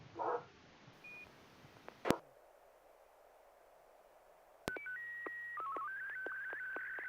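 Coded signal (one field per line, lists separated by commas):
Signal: SSTV (slow-scan television)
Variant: Martin 1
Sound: radio hiss and a brief beep, then warbling tones with steady rhythmic ticks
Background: FM radio hiss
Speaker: Can you try sending that one more time? We'll see how it works. One more time, Ken.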